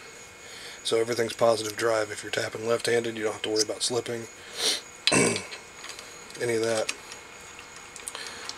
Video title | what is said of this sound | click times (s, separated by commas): Custom Built Hand Tappers For Sale | So push that in until it clicks over. | 8.1 s